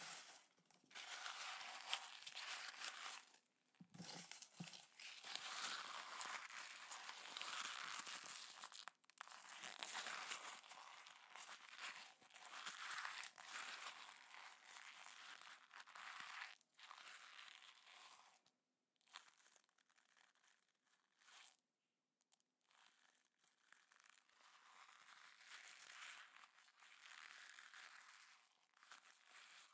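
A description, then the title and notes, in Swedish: Paper is crinkled and crumpled, a dense bright rustle with brief pauses around 4, 9, 17 and 19–22 seconds. A few low thumps near 4 seconds stand out, and the handling softens and thins toward the end. I detta specialavsnitt så är det lite papper ASMR.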